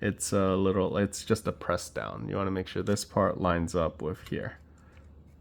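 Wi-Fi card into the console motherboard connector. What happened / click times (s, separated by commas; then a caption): The small card is being lined up and pressed but has not yet clicked into its socket / none. Someone talks while lining up a small Wi-Fi card to press down into its connector on the motherboard of an original Nintendo 3DS handheld game console. Only speech is heard, fading to quiet near the end. The card has not seated or clicked yet.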